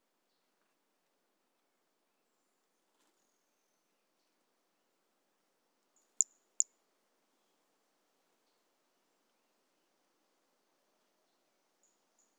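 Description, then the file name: Toadlet call: a quick pair of sharp, high-pitched notes less than half a second apart, with near silence before and after. One individual, numbered 04, recorded on 18 January 2018 and later collected as a specimen. "Brachycephalus mirissimus 18 jan 2018 individual 04. A E Confetti"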